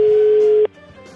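A phone line rings out with a single steady, mid-pitched electronic tone that holds for over half a second and then cuts off, leaving a quiet murmur and no one picking up.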